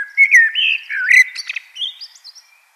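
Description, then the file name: Common blackbird song: a low fluted warble around mid pitch, then a thin, scratchy, high twittering trail fading out at the end. "Turdus merula"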